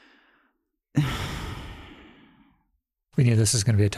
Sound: sighs